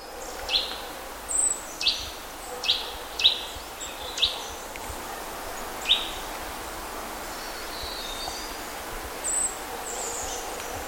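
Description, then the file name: Eurasian nuthatch giving several short, sharp calls, most in the first half, over steady background noise. "Sitta europaea"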